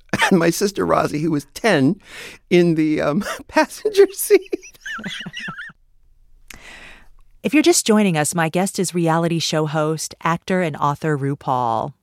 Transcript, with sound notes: and my sister Rozy, who was 10, in the passenger seat (laughter).
If you're just joining us, my guest is reality show host, actor and author RuPaul.